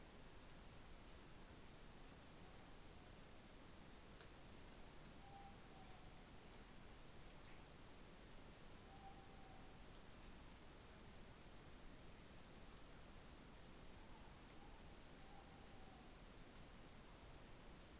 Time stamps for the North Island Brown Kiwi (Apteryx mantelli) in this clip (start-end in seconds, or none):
none